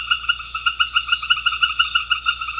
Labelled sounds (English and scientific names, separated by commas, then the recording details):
none
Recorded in pastures near Puerto Asís, Putumayo, Colombia, on 8 March 2025 at 18:30
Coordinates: 0.502, -76.324
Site GP07